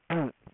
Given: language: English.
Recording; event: throat vibration sensor signal played as sound; throat clearing